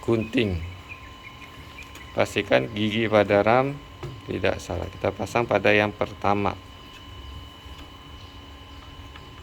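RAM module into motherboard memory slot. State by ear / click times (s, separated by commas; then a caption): not seated / none. A RAM module's notch is lined up with the first memory slot on a motherboard before being pushed home, while someone talks over a steady background hum. Nothing has seated or clicked yet.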